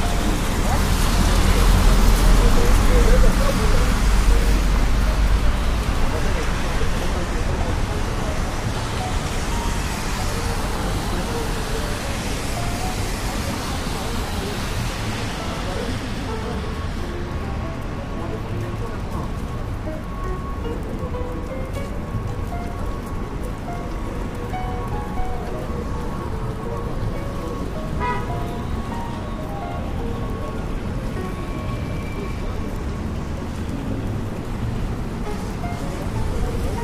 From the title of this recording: Raining Day In New York